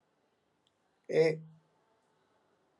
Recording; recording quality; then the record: sustained vowel as in made; excellent, no background noise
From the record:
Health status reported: exposed to COVID-19, no respiratory illness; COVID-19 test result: not tested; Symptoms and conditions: cough, sore throat, muscle pain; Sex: male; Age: 24 years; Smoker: not ticked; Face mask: not worn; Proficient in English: yes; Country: India